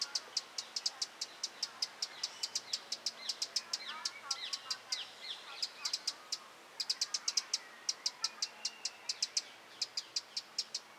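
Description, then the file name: Eurasian wren repeating hard ticking notes in fast runs, briefly slowing midway, while other birds twitter with sweeping chirps in the background. "Troglodytes troglodytes"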